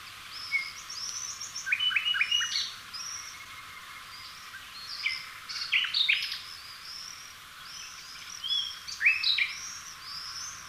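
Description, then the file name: Common nightingale song in spaced bursts of sharp chirps and clicking notes, with quiet gaps between phrases. "Luscinia megarhynchos"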